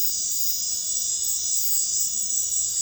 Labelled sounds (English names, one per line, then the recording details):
none
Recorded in dense forest near Puerto Asís, Putumayo, Colombia, on 21 February 2024 at 23:00
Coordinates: 0.505, -76.324
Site G6467